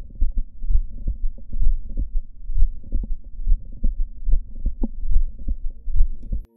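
Adult heart through a stethoscope, about 71 beats per minute, with multiple systolic clicks from mitral valve prolapse.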